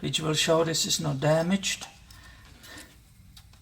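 A plastic wiring connector is handled at the ignition coil of a Toyota Tacoma 2TR-FE 4-cylinder engine during a spark plug change; it is meant to be pushed on until its locking tab clicks, which shows the tab is not damaged. Someone talks for the first two seconds, then faint ticks and handling sounds follow near 2.1, 3.4 and 3.5 seconds. The connector has not seated or clicked yet.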